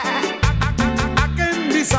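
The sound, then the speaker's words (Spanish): A voice imitates a goat's bleat with a wavering, quivering pitch, sung over a steady rhythmic musical backing with pulsing beats. “Y cuando me miran venir, el marrano me hace, el pato me hace, el chivo me hace.”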